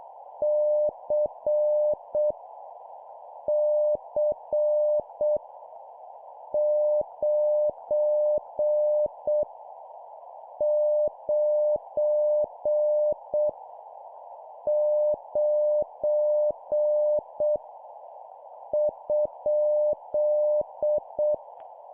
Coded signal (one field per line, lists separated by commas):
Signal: Morse code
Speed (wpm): 7 wpm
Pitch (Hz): 600 Hz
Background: none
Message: C C 9 9 9 ?